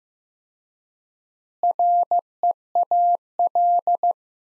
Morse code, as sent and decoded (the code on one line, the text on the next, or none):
.-. . .- .-..
REAL